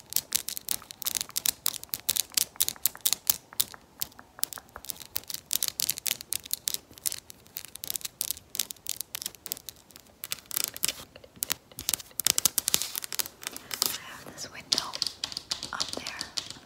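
Fast fingernail tapping on a hard surface, with crisp bright clicks in quick irregular bursts throughout. The taps thin out briefly around ten seconds, then resume, joined near the end by soft scratchy rustling.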